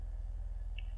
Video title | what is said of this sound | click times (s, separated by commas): Random Clock Talks Vol 12 | put it back in snap in place just like that will not damage the teeth | 0.8 s